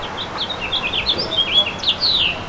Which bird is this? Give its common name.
House Finch